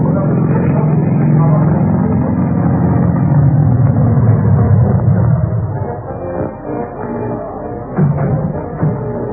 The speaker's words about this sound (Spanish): Y en ese mismo momento, un lujoso auto Ford blanco llegaba a la entrada del parque de diversiones de Falcon Eagle.